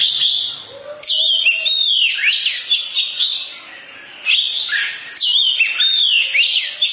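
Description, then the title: Oriental magpie-robin singing loud varied whistled phrases with sweeping slurs and trills. Long-duration song style. "Kacer Durasi Panjang"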